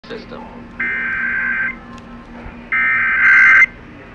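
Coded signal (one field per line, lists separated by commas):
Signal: Emergency Alert System (SAME) tones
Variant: header bursts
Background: speech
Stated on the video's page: Required Monthly Test heard on broadcast radio and an online stream.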